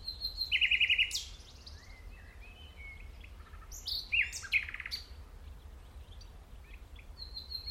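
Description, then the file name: Common nightingale song with a bright burst of rapid, repeated notes, scattered whistles, then another chattering phrase after a short gap. "Luscinia megarhynchos"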